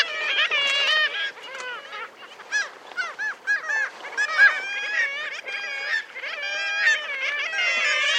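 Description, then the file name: Black-legged kittiwakes giving nasal, harmonic-rich cries, many birds overlapping in a continuous noisy colony chorus. "KRYKKJE"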